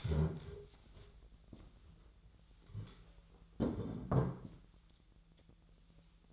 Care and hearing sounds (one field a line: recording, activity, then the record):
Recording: daily activity, microphone in the room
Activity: stand up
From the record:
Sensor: 3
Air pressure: 1001.8 hPa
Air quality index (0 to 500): 249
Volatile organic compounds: 134 ppm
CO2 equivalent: 3946 ppm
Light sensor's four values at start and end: 9/22/9/10 and 8/17/7/8